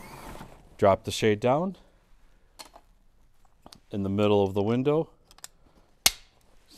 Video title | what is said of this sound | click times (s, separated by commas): Unboxing EHC Cellular Shade And Installation In Window | snap your handle on | 6.1 s